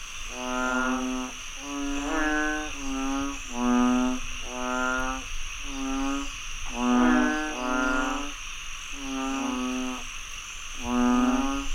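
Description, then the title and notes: Overlapping frog croaks, harmonic and nasal, coming in clustered bursts with short pauses, while insects hum steadily in the background. Frogs croaking after heavy rainfall in Chiang Mai, Thailand. "Frogs croaking after heavy rainfall in Chiang Mai, Thailand. Alex Boyesen"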